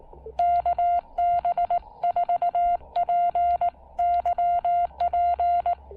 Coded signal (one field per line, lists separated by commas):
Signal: Morse code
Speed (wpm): 18 wpm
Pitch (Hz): 690 Hz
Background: none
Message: KB4PYP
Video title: A Solar-Powered POTA Activation with the BuddyPole PowerMini 2 charge controller